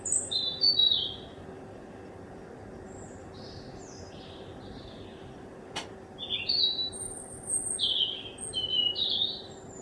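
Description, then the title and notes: Bird song in scattered high chirped phrases: a burst at the start, a quieter stretch of faint notes, then renewed twittering after a click, over a steady hum. Recorded at 1 am from a kitchen window. "Birdsong Recorded From My Kitchen Window At 1 Am by Speculativism"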